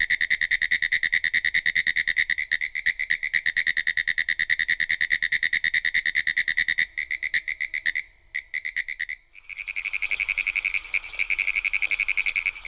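Pine woods treefrog giving a fast, rattling trill of clicky pulses. It falters and stops near the end, and a higher, denser buzzing chorus takes over.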